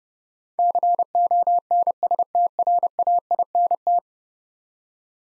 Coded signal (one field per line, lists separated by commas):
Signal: Morse code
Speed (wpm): 32 wpm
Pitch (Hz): 700 Hz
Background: none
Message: CONSTRAINT